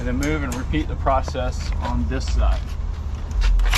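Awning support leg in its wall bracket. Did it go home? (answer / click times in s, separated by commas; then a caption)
released / 3.7 s. Someone talks while working on a Fiamma 45s awning, moving to the other side to repeat the process of freeing the awning support leg from its wall bracket on the van side. At 3.7 s a short, sharp pop is heard as the leg comes out of its holder and is released.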